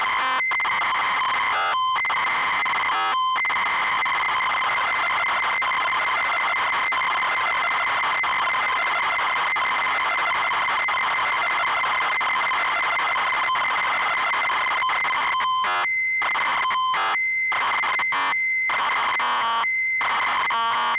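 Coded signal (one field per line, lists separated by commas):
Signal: ZX Spectrum tape loading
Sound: steady buzzing lead tones broken by harsh, rapidly warbling data screeches, repeated several times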